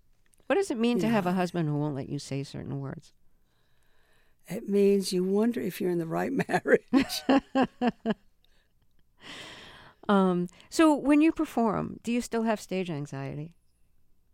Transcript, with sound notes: What does it mean to have a husband who won't let you say certain words?
It means you wonder if you're in the right marriage.
(Laughter) So when you perform, do you still have stage anxiety?